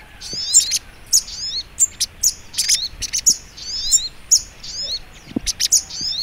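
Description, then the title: Little Spiderhunter sharp high chirps mixed with tumbling twitters, bursts coming in quick succession, with faint low knocks. Masteran (training song) of sogok ontong in the labaik song style. "Masteran Burung Sogok Ontong Labaik"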